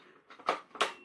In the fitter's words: there you are, you'll hear it click, it will free up, and it exposes your inner barrel